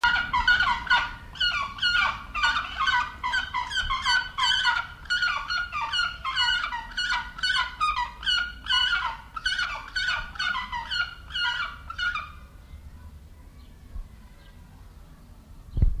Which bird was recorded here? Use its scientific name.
Haliaeetus leucoryphus